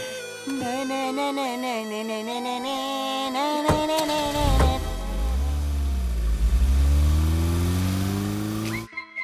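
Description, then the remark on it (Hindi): A car engine hums with a steady tonal drone, then breaks into loud, rumbling revs whose pitch swoops up and down before cutting off abruptly. “आज पहली बार कोई लड़की मेरी गाड़ी के फ्रंट सीट पर बैठेगी।”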